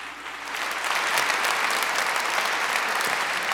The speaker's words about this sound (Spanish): Un aplauso por los muchachos, por favor, me inspiraron muchísimo.